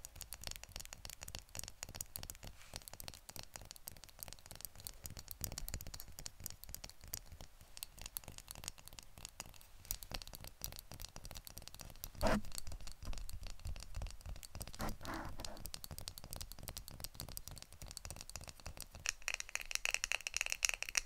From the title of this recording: Tapping